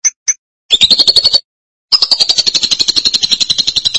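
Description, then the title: Lovebird calls, two sharp short chirps, then a rising buzzy burst, and after a gap a long rapid pulsed trill. "BM Suara Burung Lovebird"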